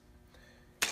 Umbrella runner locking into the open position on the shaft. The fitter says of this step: the easiest way to open it is just grab the handle slide them apart and it locks in place